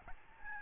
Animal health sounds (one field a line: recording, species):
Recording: mosquito wingbeat signal from an infrared sensor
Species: Aedes albopictus